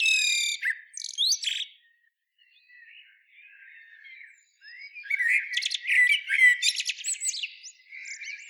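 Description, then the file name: Common blackbird opens with strong whistled notes, pauses in quiet warbling, then breaks into a long loud run of squeaky, rattling twitter. "Turdus merula"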